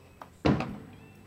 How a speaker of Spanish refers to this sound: Dice José, ahorita hay cohetes por todos lados. Sí. Pero así como dice Adán, esos cohetes son los mismos, los que escucha él. Se cuelan acá por el micrófono y les llega, ¿no?